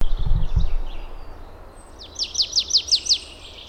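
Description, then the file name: Marsh tit producing a quick, even string of six sharp descending chip notes after a brief low thump at the start. "Poecile palustris"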